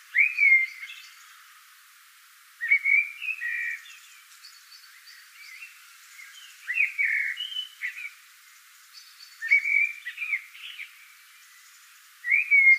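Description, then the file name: Eurasian blackbird song: repeated mellow whistled phrases with scratchy high flourishes, several phrases separated by short pauses. "Turdus merula"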